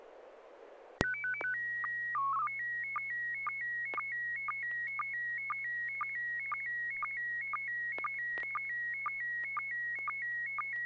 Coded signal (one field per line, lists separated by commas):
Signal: SSTV (slow-scan television)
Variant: PD 120